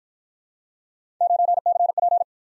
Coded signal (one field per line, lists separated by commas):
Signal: Morse code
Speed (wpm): 51 wpm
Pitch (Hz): 700 Hz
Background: none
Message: 9CP